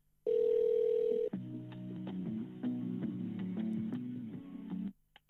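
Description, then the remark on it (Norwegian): A telephone on-hold tone while a call to Oslo City Legesenter, a medical centre, is transferred to an available agent: a steady mid-pitched beep for about a second, then a buzzy electronic hold melody of shifting stacked tones with faint ticks, cutting off abruptly. “Du settes nå over til en ledig kundebehandler. Et øyeblikk. Please hold.”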